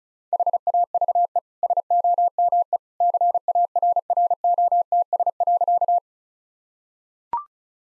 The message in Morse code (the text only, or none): HAVE SOME CARROTS.